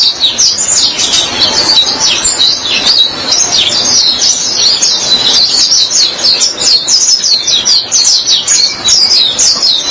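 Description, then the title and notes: White-eye song: lively, very high, rapid twittering with quick slurred chirps and short trills, delivered continuously for the whole stretch. "Suara kicauan burung pleci"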